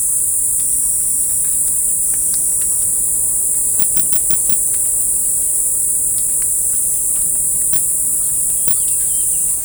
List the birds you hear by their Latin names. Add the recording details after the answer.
none. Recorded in forest near Pivijay, Magdalena, Colombia, on 1 June 2023 at 18:30. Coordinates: 10.467, -74.380. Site Z5-G034